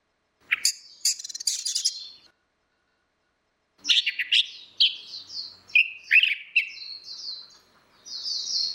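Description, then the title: Orange-headed thrush sings a rapid chattering phrase, falls silent for about a second and a half, then resumes with varied whistles and buzzy high notes. "Burung Anis Merah"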